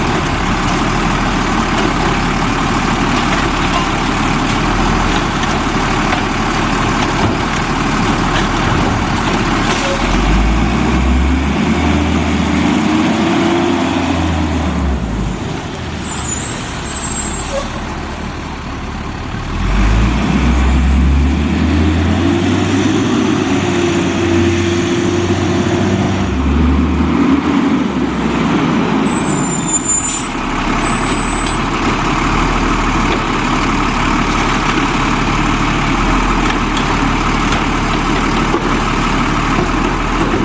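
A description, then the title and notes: A garbage truck works with a steady, heavy engine rumble throughout. From about 10 to 15 seconds and again from 20 to 29 the low drone rises and falls as the engine revs, with a brief dip near 17 seconds and high hissing squeals around 16 and 28 seconds. Garbage Trucks.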